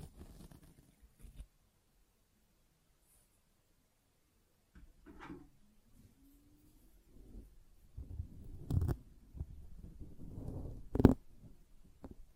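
Sponge sounds: soft squishing and rubbing, low and muffled, come in short bursts near the start and again from about five seconds. A long silent gap sits in between. After eight seconds the handling grows busier, with sharp bright scrapes near nine and eleven seconds.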